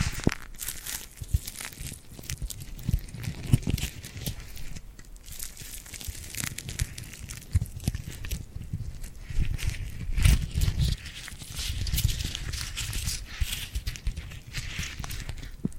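Sticky, glue-coated hands rub and pull apart in a dense, steady run of crackling, tacky snaps and soft patting thumps. Bright peeling crackle rides over muffled low pats, with brief louder bursts near one, three and a half, ten and twelve seconds.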